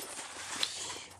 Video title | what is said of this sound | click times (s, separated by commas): RV Sales of Oregon 2023 Roadtrek Play Stock # CM2823 | this will lock into place down here. | 0.6 s